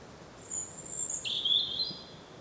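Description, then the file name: European robin with a brief high, thin phrase: a drawn-out very high note followed by a lower, slightly sliding note, with quiet hiss behind. "Erithacus rubecula"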